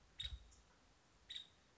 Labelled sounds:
Nuttall's Woodpecker
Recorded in Sonoma County, California

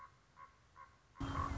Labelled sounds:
Common Raven
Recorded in Sonoma County, California

